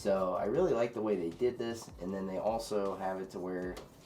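Someone talks while handling the removable top cover panel of a Phanteks Evolve Shift 2 PC case, which is about to be pressed back down onto the chassis. Only speech is heard, and nothing has seated or clicked yet.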